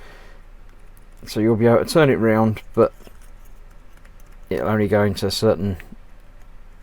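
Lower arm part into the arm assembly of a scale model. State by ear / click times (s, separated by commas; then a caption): not seated / none. The lower arm part of a 1:2 scale Terminator model is handled and turned in its socket in the arm assembly; this plastic or metal piece only turns so far before it locks into place. Someone talks over faint handling ticks. The clip ends before the part goes home, and nothing has seated or clicked yet.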